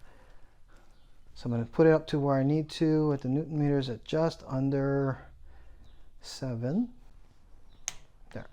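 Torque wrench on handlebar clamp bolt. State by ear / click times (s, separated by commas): torque reached / 7.9 s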